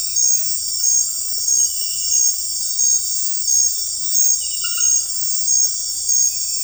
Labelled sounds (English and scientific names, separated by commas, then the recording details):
none
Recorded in dense forest near Puerto Asís, Putumayo, Colombia, on 21 February 2024 at 02:00
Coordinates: 0.484, -76.317
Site G6464